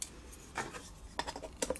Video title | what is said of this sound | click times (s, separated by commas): Storm Collectibles 1:6th scale Mike Tyson "the youngest heavy weight champion" figure review | I didn't click it in all the way so | 0.0 s, 1.2 s, 1.6 s